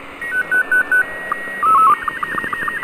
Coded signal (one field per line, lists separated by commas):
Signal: SSTV (slow-scan television)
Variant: Robot 36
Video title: Amaterur Radio Satellite CO-66 (SEED II) 2012-01-18 Radio Signal Recording